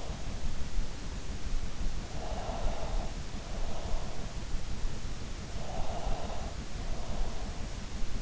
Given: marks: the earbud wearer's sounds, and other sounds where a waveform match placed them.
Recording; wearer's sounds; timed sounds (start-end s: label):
sounds in sleep by an in-ear microphone; breath
2.22-3.94 s: breath
5.59-7.59 s: breath